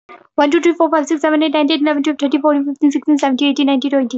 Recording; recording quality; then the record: counting at a fast pace; moderate, slight background noise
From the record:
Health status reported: healthy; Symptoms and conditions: none ticked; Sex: female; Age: 22 years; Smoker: not ticked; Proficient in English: yes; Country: India